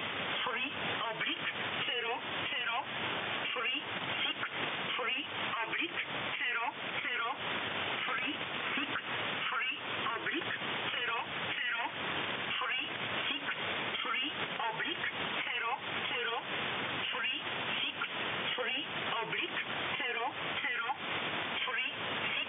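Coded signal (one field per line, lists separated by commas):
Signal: numbers station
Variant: E11 Oblique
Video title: E11 Oblique Numbers Station, 363/00, 9.13 MHz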